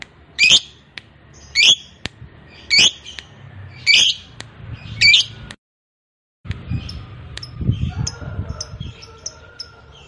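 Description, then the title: Lovebird calls: five sharp, shrill squawks about a second apart, then a short silence and faint chirps over low background noise. Fighter-type lovebird; the recording features its long ngekek (ngekek panjang). "Begitu Dengar Suara Lovebird FIGHTER NGEKEK PANJANG"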